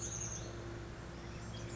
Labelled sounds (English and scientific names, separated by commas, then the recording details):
Chestnut-backed Chickadee (Poecile rufescens)
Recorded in Sonoma County, California